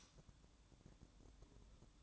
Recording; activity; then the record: daily activity, microphone in the room; light off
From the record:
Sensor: 3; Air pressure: 1007.9 hPa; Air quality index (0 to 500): 97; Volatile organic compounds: 1 ppm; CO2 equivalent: 817 ppm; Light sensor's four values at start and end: 9/21/9/9 and 9/21/9/9